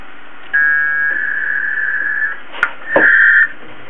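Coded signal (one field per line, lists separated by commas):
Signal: packet radio (AX.25, as in APRS)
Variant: 1200 baud AFSK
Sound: two harsh warbling data bursts, a long one then a short reply, click between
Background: faint background hiss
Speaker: and the other station transmits uh to acknowledge receipt of the message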